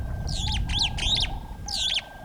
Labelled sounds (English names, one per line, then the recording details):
Superb Starling flight call
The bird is a female
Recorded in Kenya on 5 July 2008 at 16:54
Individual 54, of group MRC1